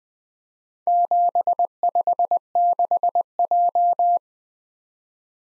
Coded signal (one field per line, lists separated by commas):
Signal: Morse code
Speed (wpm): 20 wpm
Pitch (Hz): 700 Hz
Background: none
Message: 756J